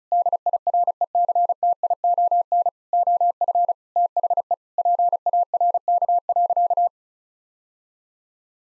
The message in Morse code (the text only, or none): DIRECTION OF THE PARK.